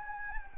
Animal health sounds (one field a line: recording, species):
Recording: mosquito wingbeat signal from an infrared sensor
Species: Anopheles gambiae